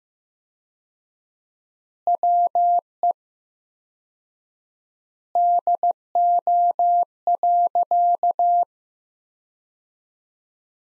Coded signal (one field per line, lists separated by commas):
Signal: Morse code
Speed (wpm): 15 wpm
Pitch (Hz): 700 Hz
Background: none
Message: WE DO.